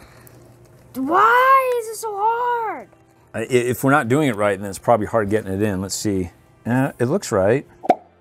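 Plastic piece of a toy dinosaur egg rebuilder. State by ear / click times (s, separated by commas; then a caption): seated / 7.8 s, 7.9 s. A plastic piece of a toy dinosaur egg rebuilder is pressed into place after a struggle while someone talks. It finally snaps in with a sharp click at 7.9 s.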